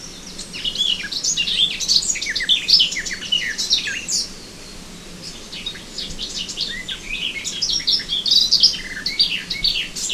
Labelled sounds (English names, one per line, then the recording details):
Garden Warbler song
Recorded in the wild
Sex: male
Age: adult
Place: Krüseliner Mühle, Feldberger Seenlandschaft, Mecklenburg-Vorpommern, DE
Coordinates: 53.2664, 13.4164
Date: 2000-05-27
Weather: clear, 15°C
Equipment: Sony TCD-D8, Telinga Pro 5
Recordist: Frommolt, Karl-Heinz